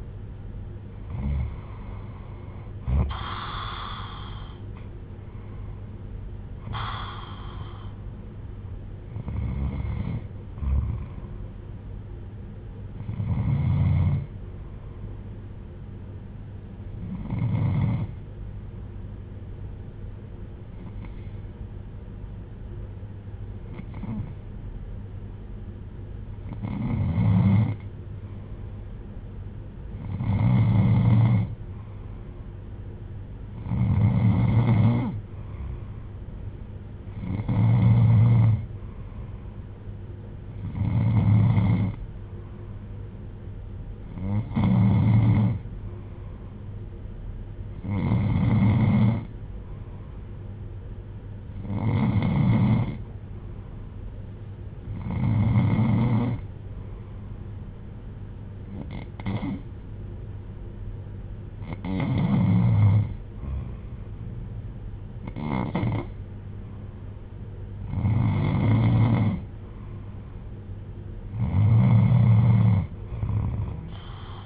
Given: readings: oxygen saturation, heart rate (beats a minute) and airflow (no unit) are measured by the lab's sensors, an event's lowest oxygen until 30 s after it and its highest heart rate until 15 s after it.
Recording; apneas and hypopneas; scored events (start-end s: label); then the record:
breathing in sleep by a smartphone at the bedside; 1
17.00-36.60 s: hypopnea (N2, oxygen 96% highest, then 93% lowest, heart rate 56 at the start, 63 highest)
From the record:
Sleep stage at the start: N2 (light sleep); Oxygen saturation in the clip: 93 to 96%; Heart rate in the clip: 56 to 76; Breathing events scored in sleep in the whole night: 310 in 8.1 hours asleep